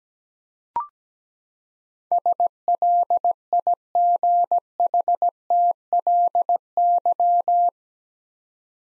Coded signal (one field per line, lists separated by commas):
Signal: Morse code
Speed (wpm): 17 wpm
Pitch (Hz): 700 Hz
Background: none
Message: SLIGHTLY